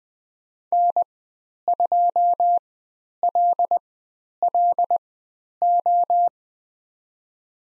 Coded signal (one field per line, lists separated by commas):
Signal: Morse code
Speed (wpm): 20 wpm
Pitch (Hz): 700 Hz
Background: none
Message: N2LLO